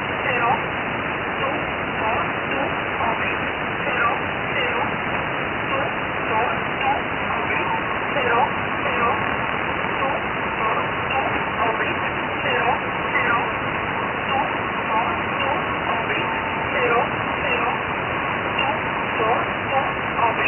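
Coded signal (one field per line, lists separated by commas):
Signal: numbers station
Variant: E11 Oblique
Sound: faint voice reading short, evenly spaced words through heavy hiss and static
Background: heavy radio static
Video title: E11 Oblique 14/05/2023 1745 UTC 14410kHz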